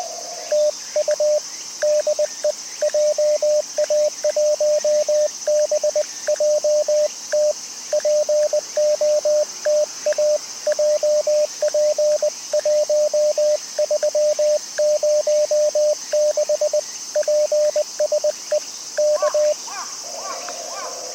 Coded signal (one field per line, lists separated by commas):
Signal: Morse code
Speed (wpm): 20 wpm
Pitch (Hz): 600 Hz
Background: speech, radio noise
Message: TU DE JA1BJT POTA JP1306 PSE K